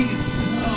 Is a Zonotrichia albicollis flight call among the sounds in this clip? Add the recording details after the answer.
no. No flight call is heard. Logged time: 01:44 on 4 September 2014